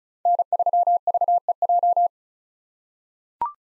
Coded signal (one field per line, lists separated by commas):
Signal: Morse code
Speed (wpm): 36 wpm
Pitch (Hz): 700 Hz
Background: none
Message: N3VEJ